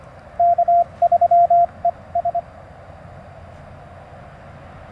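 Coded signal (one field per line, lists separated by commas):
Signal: Morse code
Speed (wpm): 25 wpm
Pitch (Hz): 690 Hz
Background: radio noise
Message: K3ES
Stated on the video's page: Morse sent with paddles on a tiny portable QRP Mountain Topper MTR3B during a Parks on the Air activation, Alex Loop antenna, battery and solar powered.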